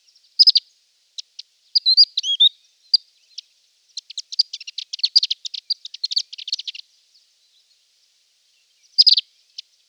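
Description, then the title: Reunion olive white-eye song of high, quick chattering notes: a brief burst and scattered slurred notes, then a long dense twittering run, and a final brief burst. "Plecir3un. Kicau reunion olive white eye"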